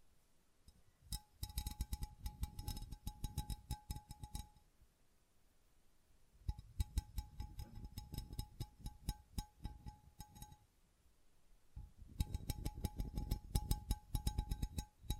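Tapping and scratching come in three bursts of dense, rapid clicks, from about 1 to 4.5 seconds, 6.5 to 10.5, and 12 seconds to the end. A thin steady tone rings under each burst, and quiet pauses separate them. The taps are crisp and bright with some low thuds.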